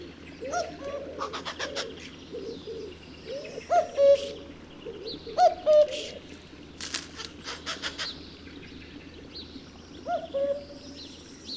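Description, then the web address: Common cuckoo singing its falling two-note cu-coo three times at uneven gaps, with other songbirds chirping and trilling high throughout. "Spev Vtakov kukucka"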